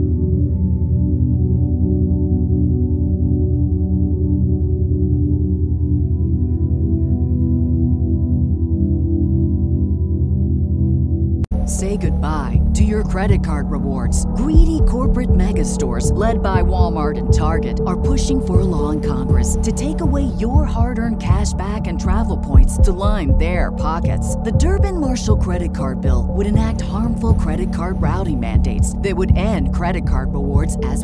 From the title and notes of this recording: Happy frequency 8-10 Hz binaural beats.